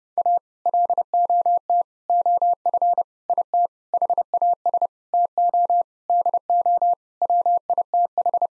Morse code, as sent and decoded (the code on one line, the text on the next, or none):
.- / .-.. --- - / --- ..-. / .. - / .... .- ... / - --- / -.. --- / .-- .. - ....
A LOT OF IT HAS TO DO WITH